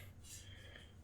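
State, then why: Not seated. A plastic blade is pushed and twisted against the blade mount of a custom Galaxy's Edge Darth Maul Legacy lightsaber hilt, whose fittings are tightened with electrical tape. Faint plastic rubbing and scraping is heard over a low, steady hum. The blade will not go in, and nothing has seated or clicked yet.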